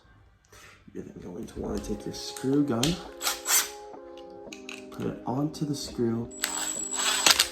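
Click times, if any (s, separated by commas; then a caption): 7.3 s, 7.4 s. A screw gun drives a ground screw, with the ground wire wrapped around it, into a metal box while someone talks over background music. A brief whir of the driver leads to two sharp clutch clicks at about 7.3 and 7.4 seconds, showing the screw is on tight.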